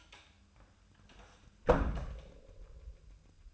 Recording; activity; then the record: daily activity, microphone in the room; close door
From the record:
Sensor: 2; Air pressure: 1004.8 hPa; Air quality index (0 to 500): 74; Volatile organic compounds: 1 ppm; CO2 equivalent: 872 ppm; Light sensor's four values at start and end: 7/16/6/7 and 7/16/6/6